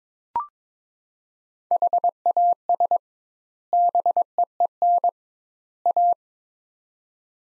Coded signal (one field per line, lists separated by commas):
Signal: Morse code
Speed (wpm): 22 wpm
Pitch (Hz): 700 Hz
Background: none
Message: HAS BEEN A